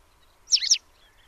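Bird call, a single brief high chirp made of two quick notes, against quiet background.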